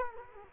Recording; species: mosquito wingbeat signal from an infrared sensor; Culex quinquefasciatus